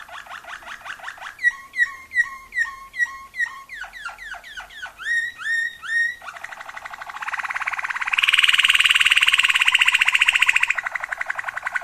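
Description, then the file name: Waterslager canary song: a series of clear rising and falling notes repeated several times a second, then a dense buzzy rolling trill that swells loud before stopping. Song variations of a Waterslager canary. "kenari waterslager variasi omkicau"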